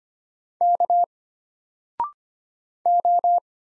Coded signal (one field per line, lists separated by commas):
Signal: Morse code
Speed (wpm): 25 wpm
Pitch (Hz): 700 Hz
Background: none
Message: K O